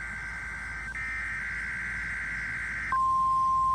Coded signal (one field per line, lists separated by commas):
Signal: Emergency Alert System (SAME) tones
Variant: header bursts